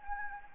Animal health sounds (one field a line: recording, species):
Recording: mosquito wingbeat signal from an infrared sensor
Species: Anopheles gambiae